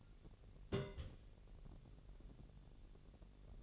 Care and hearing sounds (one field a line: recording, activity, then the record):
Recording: daily activity, microphone in the room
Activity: place on stove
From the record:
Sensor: 4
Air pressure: 1002.8 hPa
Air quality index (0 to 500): 241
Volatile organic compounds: 10 ppm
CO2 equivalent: 2259 ppm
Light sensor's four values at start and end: 7/16/6/7 and 7/16/6/7